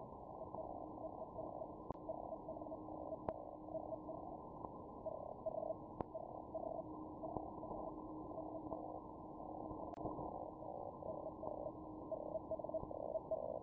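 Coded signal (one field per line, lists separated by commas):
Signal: Hellschreiber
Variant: Feld Hell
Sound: rapid buzzy pulsing tone around 600 Hz in short clusters, with a steady low tone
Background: radio static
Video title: feldhell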